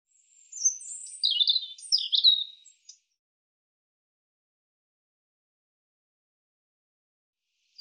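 European robin giving one high, twittering phrase of quick squeaky notes and thin slurs, a little over two seconds long, followed by quiet until a brief note at the very end.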